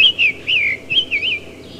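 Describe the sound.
Summer Tanager song: a loud run of rich whistled notes that swing up and down in smooth loops.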